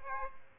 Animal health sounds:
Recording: mosquito wingbeat signal from an infrared sensor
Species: Aedes albopictus

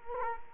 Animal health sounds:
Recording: mosquito wingbeat signal from an infrared sensor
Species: Culex quinquefasciatus

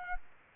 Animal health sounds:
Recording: mosquito wingbeat signal from an infrared sensor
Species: Culex quinquefasciatus

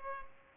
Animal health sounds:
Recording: mosquito wingbeat signal from an infrared sensor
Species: Culex pipiens

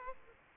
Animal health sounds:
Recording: mosquito wingbeat signal from an infrared sensor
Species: Aedes aegypti

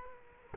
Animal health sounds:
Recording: mosquito wingbeat signal from an infrared sensor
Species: Culex quinquefasciatus

